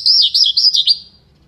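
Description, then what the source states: Bird song: a brief burst of warbling high chirps lasting under a second, then quiet. Bird song for training pet birds.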